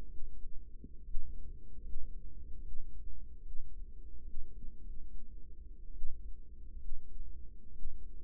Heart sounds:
heart sounds by microphone in the right ear; 70 bpm
0.03 s: heartbeat
1.01 s: heartbeat
1.80 s: heartbeat
2.58 s: heartbeat
3.38 s: heartbeat
4.20 s: heartbeat
4.77 s: heartbeat
5.90 s: heartbeat
6.75 s: heartbeat
7.69 s: heartbeat
From the record:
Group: healthy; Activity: rest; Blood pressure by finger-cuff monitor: 117/72 mmHg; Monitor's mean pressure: 86 mmHg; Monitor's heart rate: 75 bpm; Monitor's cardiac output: 6.3 L/min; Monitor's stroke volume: 86 mL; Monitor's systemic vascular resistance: 980 dyn s/cm5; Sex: female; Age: 22 years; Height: 171 cm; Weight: 65.6 kg

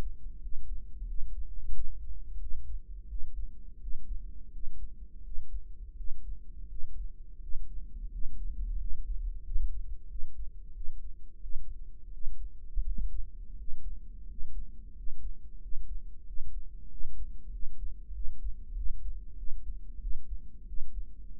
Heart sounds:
heart sounds by microphone in the right ear; 89 bpm
0.42 s: heartbeat
1.08 s: heartbeat
1.73 s: heartbeat
2.40 s: heartbeat
3.09 s: heartbeat
3.81 s: heartbeat
4.53 s: heartbeat
5.24 s: heartbeat
5.97 s: heartbeat
6.70 s: heartbeat
7.42 s: heartbeat
8.12 s: heartbeat
8.80 s: heartbeat
9.45 s: heartbeat
10.10 s: heartbeat
10.75 s: heartbeat
11.42 s: heartbeat
12.13 s: heartbeat
12.85 s: heartbeat
13.58 s: heartbeat
14.28 s: heartbeat
14.96 s: heartbeat
15.62 s: heartbeat
16.27 s: heartbeat
16.91 s: heartbeat
17.53 s: heartbeat
18.14 s: heartbeat
18.76 s: heartbeat
19.38 s: heartbeat
20.01 s: heartbeat
20.67 s: heartbeat
21.35 s: heartbeat
From the record:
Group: healthy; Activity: rest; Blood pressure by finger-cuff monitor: 153/90 mmHg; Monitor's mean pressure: 108 mmHg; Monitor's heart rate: 90 bpm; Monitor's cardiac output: 6.8 L/min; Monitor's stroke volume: 77 mL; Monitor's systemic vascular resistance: 1090 dyn s/cm5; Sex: male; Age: 21 years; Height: 175 cm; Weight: 72.6 kg

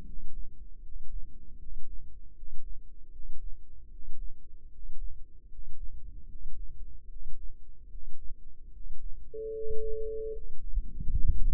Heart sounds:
heart sounds by microphone in the left ear; 76 bpm
0.03 s: heartbeat
0.80 s: heartbeat
1.57 s: heartbeat
2.33 s: heartbeat
3.10 s: heartbeat
3.88 s: heartbeat
4.68 s: heartbeat
5.47 s: heartbeat
6.26 s: heartbeat
7.07 s: heartbeat
7.88 s: heartbeat
8.70 s: heartbeat
9.51 s: heartbeat
10.30 s: heartbeat
11.10 s: heartbeat
From the record:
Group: healthy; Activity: rest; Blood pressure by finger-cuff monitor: 107/71 mmHg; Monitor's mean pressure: 78 mmHg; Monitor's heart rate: 75 bpm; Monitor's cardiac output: 6.4 L/min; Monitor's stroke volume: 85 mL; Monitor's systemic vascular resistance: 890 dyn s/cm5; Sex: male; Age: 35 years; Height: 180 cm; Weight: 86.9 kg

